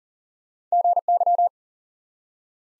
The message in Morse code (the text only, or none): GY